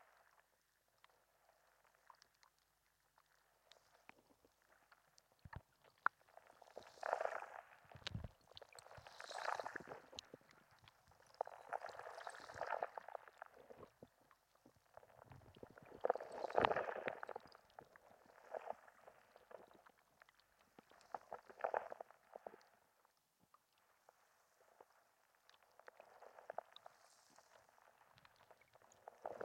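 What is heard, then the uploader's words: Underwater at a fishing harbour, bursts of bubbling, crackling water noise swell and fade every few seconds over a faint, quiet background. Lovina fishing harbour - hydrophone recording. Hydrophone recording from a beach in Bali. Recorded by Marcel Gnauk.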